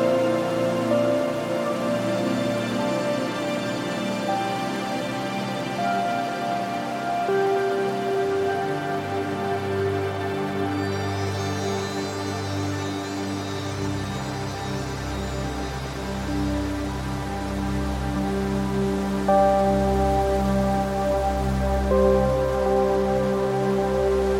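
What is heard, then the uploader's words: Soft, sustained music tones hold over a steady wind-like hiss that runs through the whole piece without gusts or breaks. Around the midpoint a deep low hum joins beneath, and the level stays even to the end. Wind Sounds In Trees & Relaxing Music.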